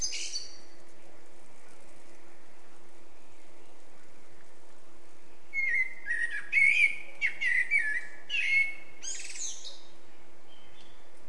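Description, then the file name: Eurasian blackbird song: after several quiet seconds, one mellow fluted warble runs into squeaky high twittering, over a steady low hum and faint background hiss. "Turdus merula"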